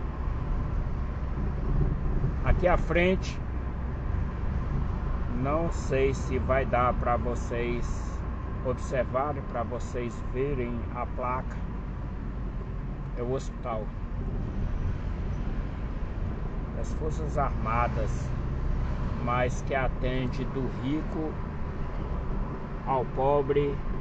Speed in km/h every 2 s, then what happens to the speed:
37, 36, 36, 34, 32, 30, 27, 32, 36, 42, 45, 41.
0-12 slows to 27. 12-19 speeds up to 45.